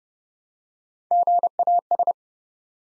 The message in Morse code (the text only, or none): GAS